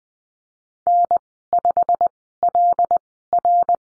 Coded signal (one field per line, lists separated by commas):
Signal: Morse code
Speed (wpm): 20 wpm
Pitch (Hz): 700 Hz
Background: none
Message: N5LR